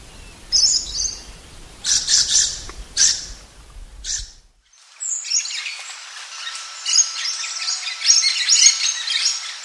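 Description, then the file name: Lorikeet calls, harsh high screeches in short bursts, then a dense chatter of shrill notes with a steady high tone underneath. "Лори -Лорикет -Попугай -Голоса-птиц"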